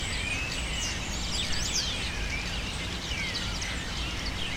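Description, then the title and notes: Birds screaming as a flock, a dense tangle of shrill, overlapping high chirps and slurred squeals, steady throughout, over a constant low rumbling background noise. Birds using cypress trees in the recordist's city as a refuge, screaming without stopping, especially in the afternoon. "Pájaros En La Fábrica. Muchos de los cipreses de mi ciudad se han convertido en el refugio de pájaros que, sobretodo por la tarde, gritan sin parar"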